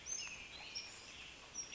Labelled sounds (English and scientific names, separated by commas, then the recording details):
Western Tanager (Piranga ludoviciana)
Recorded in Sonoma County, California